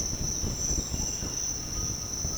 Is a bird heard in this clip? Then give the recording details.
no. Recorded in pastures near Puerto Asís, Putumayo, Colombia, on 22 June 2025 at 06:30. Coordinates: 0.496, -76.326. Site GP01